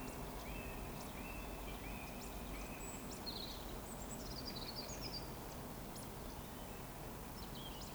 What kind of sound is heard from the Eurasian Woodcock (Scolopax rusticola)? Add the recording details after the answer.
whistle, chase call. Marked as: whistle, chase, whistle, chase, whistle, chase, whistle, chase, whistle, chase, whistle, chase, whistle, chase. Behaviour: display flight. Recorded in Baden-Württemberg, Germany, on 11 June 2020 at 19:38 UTC. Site 14569, 102 m above sea level